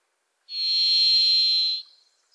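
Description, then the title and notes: Varied thrush song: one long, steady, buzzy whistled note held for over a second, then silence. Singing from deep within forest in the Pacific Northwest; voice reverberant and hard to locate. "The Varied Thrush, Ixoreus naevius, is a wisp in the forests of the Pacific Northwest."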